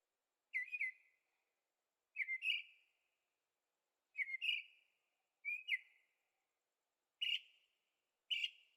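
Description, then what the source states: Bird song: six short phrases of two or three whistled notes, some rising at the end, given at irregular intervals. Birds singing at night in Carefree, Arizona; recorded with a Zoom H6 and stereo microphones.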